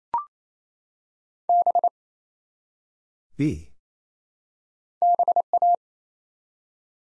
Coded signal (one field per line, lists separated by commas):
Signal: Morse code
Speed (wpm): 27 wpm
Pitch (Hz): 700 Hz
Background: none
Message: B BA